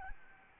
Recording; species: mosquito wingbeat signal from an infrared sensor; Aedes albopictus